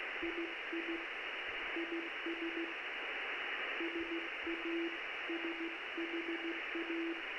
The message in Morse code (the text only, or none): II IS SASHA